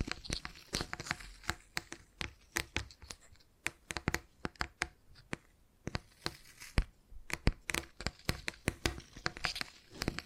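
Tapping sounds in quick, uneven bursts, each a sharp crisp click, with clusters that come and go across the ten seconds. Between taps there is a soft crinkling, rustling texture, and a brief quieter gap around six seconds before the tapping picks back up.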